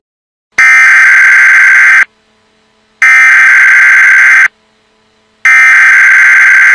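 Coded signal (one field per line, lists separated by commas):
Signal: Emergency Alert System (SAME) tones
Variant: header bursts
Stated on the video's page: Fake EAS alert made as a prank, not a real broadcast.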